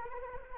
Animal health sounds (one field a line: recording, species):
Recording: mosquito wingbeat signal from an infrared sensor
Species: Anopheles arabiensis